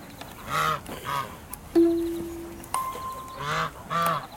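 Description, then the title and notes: Ducks quacking in four short harsh calls in two pairs, with sustained electronic tones holding steady between them. Ducks at Palacio de Maqua, Avilés, Asturias, Spain, 6–10 April 2008. "patos. Palacio de Maqua (Avilés, Asturias, Spain). Recorded between 6th and 10th of april 2008"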